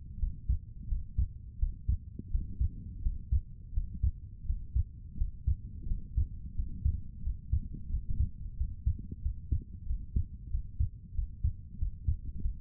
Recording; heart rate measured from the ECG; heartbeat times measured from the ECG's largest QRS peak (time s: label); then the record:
heart sounds by stethoscope; 88 bpm
0.18 s: heartbeat
0.87 s: heartbeat
1.58 s: heartbeat
2.30 s: heartbeat
3.01 s: heartbeat
3.72 s: heartbeat
4.45 s: heartbeat
5.16 s: heartbeat
5.86 s: heartbeat
6.54 s: heartbeat
7.21 s: heartbeat
7.88 s: heartbeat
8.55 s: heartbeat
9.20 s: heartbeat
9.85 s: heartbeat
10.49 s: heartbeat
11.13 s: heartbeat
11.77 s: heartbeat
12.40 s: heartbeat
From the record:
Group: healthy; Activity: Valsalva maneuver 0-11 s, rest 11-13 s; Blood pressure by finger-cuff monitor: 137/94 mmHg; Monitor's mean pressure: 104 mmHg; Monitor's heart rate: 88 bpm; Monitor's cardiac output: 5.9 L/min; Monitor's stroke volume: 68 mL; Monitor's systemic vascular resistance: 1310 dyn s/cm5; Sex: female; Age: 22 years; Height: 154 cm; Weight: 58.7 kg